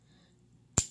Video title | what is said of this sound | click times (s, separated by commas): Dirt Road Pursuit, '2018' Lego City 60172 | you pull back until it clicks and you | 0.8 s